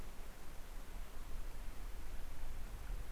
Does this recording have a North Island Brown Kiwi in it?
no